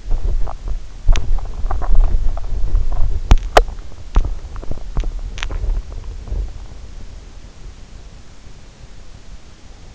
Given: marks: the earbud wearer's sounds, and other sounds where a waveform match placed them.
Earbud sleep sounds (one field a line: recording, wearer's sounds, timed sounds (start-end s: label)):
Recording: sounds in sleep by an in-ear microphone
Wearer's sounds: teeth grinding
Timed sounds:
0.00-6.91 s: teeth grinding